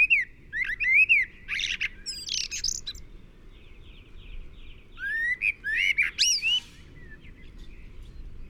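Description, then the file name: Common blackbird song: two phrases of low, mellow fluted whistles mixed with squeaky, high twittering, over a soft background rumble. "Turdus merula"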